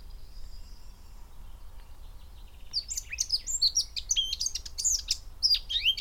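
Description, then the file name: Eurasian blackcap song: near-quiet start with a faint thin whistle, then a lively burst of chattering and whistled notes from about three seconds onward. "Sylvia atricapilla"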